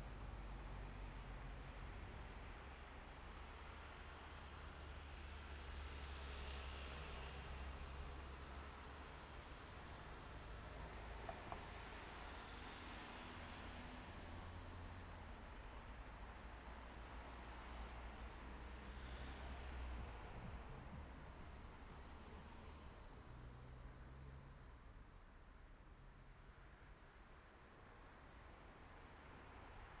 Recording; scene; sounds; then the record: everyday scene through a hearing-aid microphone; in traffic; traffic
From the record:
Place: main road on the outskirts, rush hour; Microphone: behind the ear, left, front